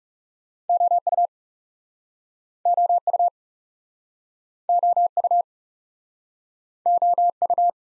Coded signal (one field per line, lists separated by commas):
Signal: Morse code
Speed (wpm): 41 wpm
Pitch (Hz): 700 Hz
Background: none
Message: O U O U O U O U